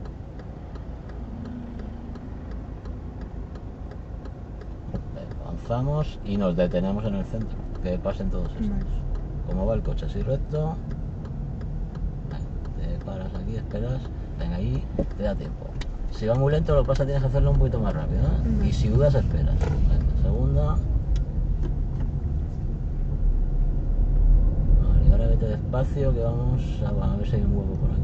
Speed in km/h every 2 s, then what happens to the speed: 0, 0, 0, 3, 10, 11, 10, 4, 10, 20, 15, 18, 25, 23.
0-5 standing. 5-8 pulls away to 10. 8-15 steady at about 10. 15-18 speeds up to 20. 21-24 speeds up to 25.